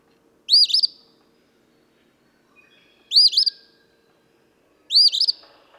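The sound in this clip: Eastern phoebe repeating its buzzy, rising-falling phrase three times, spaced about two seconds apart, with little else audible.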